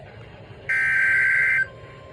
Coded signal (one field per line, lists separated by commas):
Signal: Emergency Alert System (SAME) tones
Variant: header bursts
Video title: EAS #66 (SVR)